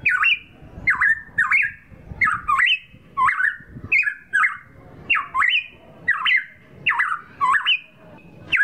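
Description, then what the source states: Straw-headed bulbul song of clear, swooping whistled notes, each phrase ending in a level held tone, repeating steadily with light background clatter. Training song for caged birds, known in Indonesian as masteran.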